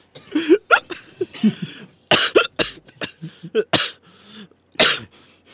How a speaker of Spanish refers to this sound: No puedo sacarme el hipo, wey. Wey, me da más risa la wea y me da más.